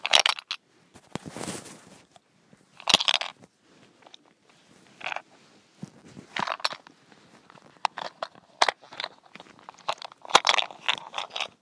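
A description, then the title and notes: A mint shaker is rattled in short, uneven bursts, the small candies clattering with a crisp, crunchy sound. Shakes come every second or two, the longest around the first two seconds and a busier flurry near the end, with near silence between. ASMR: Mint Shaker.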